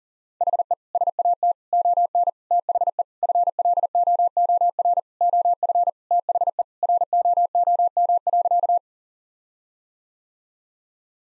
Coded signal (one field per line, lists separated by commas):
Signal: Morse code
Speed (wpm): 37 wpm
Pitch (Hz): 700 Hz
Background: none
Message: HE SAT ON THE FLOOR OF THE ROOM.